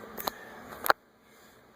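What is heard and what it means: A pressure-balance cartridge for a Kohler K-2971 Rite-Temp shower valve is pushed into the brass valve barrel and twisted. Faint scraping with small ticks near 0.2 and 0.3 s leads to a sharp, loud click at 0.9 s as its locating tabs drop into the two holes at the back. It is then quiet, and the cartridge is seated and can no longer twist.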